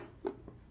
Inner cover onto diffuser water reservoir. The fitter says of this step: just slides right on you'll want to make sure it's starting and it lays flat so it kind of locks into place and then